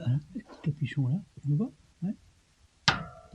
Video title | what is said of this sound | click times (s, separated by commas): Schwalbe Clik Valve sur mon vélomobile Bülk… bonne idée ? 🤔 | Et quand ça fait clic, c'est que c'est bon. | 2.9 s